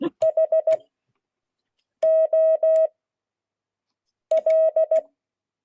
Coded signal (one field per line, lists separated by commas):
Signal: Morse code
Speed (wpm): 16 wpm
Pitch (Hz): 640 Hz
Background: none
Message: H O L